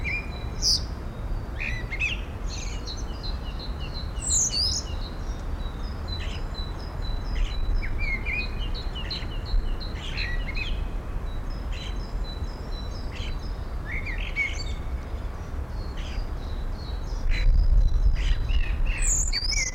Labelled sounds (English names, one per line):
European Starling